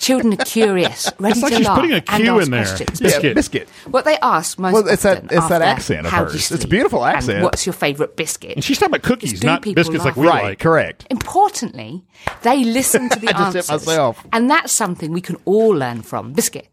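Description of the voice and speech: An adult woman in Britain with Tourette's syndrome talks fluently about children and curiosity, but the unrelated word "biscuit" keeps bursting out, sometimes twice in a row, along with an abrupt "hit myself." These sudden, out-of-context words are vocal tics of Tourette's syndrome.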